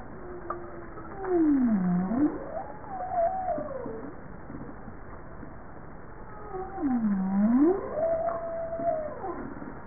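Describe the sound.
Bowhead whale calls, two long tonal moans that sweep down and then rise again, each followed by a higher arching tone, over a steady low underwater hiss.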